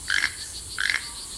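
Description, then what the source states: Keel-billed Toucan giving two dry, rattling croaks. A bird with a massive multicolored bill.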